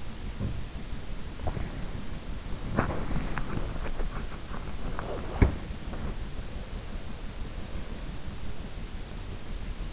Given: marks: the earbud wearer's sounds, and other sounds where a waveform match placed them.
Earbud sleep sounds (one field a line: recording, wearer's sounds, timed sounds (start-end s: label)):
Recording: sounds in sleep by an in-ear microphone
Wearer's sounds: body movement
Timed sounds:
0.00-6.97 s: body movement